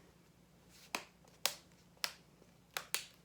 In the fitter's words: I don't know if you could hear the little clickies.